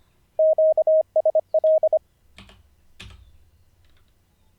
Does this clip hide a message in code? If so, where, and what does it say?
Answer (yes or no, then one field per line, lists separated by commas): yes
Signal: Morse code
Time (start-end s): 0.4-2.0 s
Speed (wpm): 25 wpm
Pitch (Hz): 630 Hz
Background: none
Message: QSL